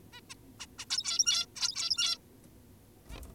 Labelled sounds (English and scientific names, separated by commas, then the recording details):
Zebra Finch (Taeniopygia guttata)
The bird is an adult
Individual g17y2U